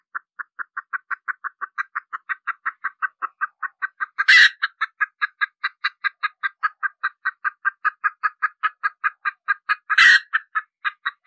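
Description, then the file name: Red junglefowl hen clucking continuously in an even, rapid series, broken twice by a louder grating squawk before the clucks carry on. Hen, cackling (cục tác). "Tieng ga mai rung cuc tac de"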